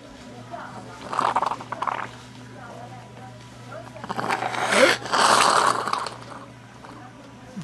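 Two noisy, wet bursts of coughing and choking from an adult man: phlegm building up in his throat that he cannot expel himself. The secretions are suctioned out when he gags, and without someone always with him he would die.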